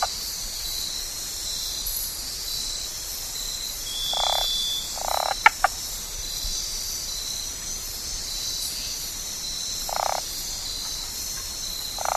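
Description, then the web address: Cabrera's slender-legged treefrog gives brief clucking calls scattered throughout, with a constant high-pitched insect drone throughout. Recorded in the Ecuadorian Amazon. "Natures Songs S America Frogs of Ecuadorian Amazon Osteocephalus cabrerai"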